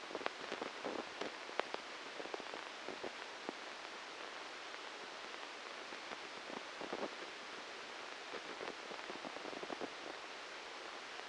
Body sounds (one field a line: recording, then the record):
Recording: brain microelectrode recording played as sound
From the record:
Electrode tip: inside the subthalamic nucleus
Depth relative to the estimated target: 0 mm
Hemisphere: left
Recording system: NeuroSet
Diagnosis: Parkinson's disease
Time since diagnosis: 13 years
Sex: male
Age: 63 years